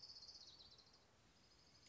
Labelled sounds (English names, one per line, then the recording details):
Orange-crowned Warbler
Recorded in Sonoma County, California